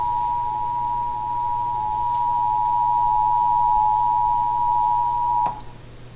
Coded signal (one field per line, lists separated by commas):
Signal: Emergency Alert System (SAME) tones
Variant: 853 and 960 Hz attention tone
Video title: 3rd National Periodic Test: KPXD (With Tiny Errors/EAS #122)